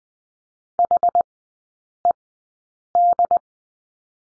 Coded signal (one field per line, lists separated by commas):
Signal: Morse code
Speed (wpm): 20 wpm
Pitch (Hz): 700 Hz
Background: none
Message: HED